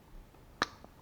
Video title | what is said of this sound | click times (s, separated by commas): Jeep Halo Headlight and Fog Light install with DRL | plug it in you'll hear a snap hopefully you can hear it | 0.6 s